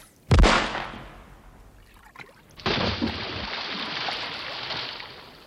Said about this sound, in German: ins Wasser klatscht und sofort verschwindet.